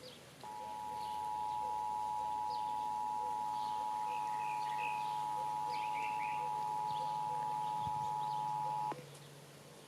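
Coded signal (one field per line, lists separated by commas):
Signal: Emergency Alert System (SAME) tones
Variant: 853 and 960 Hz attention tone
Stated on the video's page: Required monthly tests relayed on two Sacramento FM radio stations.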